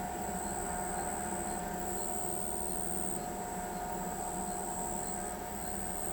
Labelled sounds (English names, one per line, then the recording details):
none
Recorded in pastures near Pivijay, Magdalena, Colombia, on 15 April 2023 at 22:30
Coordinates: 10.456, -74.369
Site P6-G026